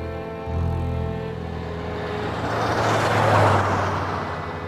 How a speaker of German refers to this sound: Zwei Autos jagten mit großer Geschwindigkeit auf der Überlandstraße durch Arizona. Dewey mit Perry Smith im vorderen Wagen.